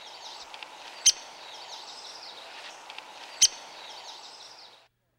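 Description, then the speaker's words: Downy Woodpecker pik calls: two short, sharp single notes a little over two seconds apart over a soft background hiss. Flat pick call note. "Here again are the downy's vocalizations, a descending whinny and a flat pick."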